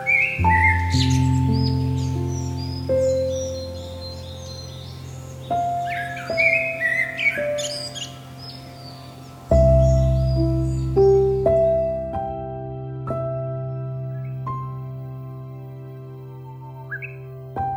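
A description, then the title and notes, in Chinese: Nature sounds: birds chirp busily through the first ten seconds, then thin out, over a steady low hum and long, held tones. 30分钟自然音。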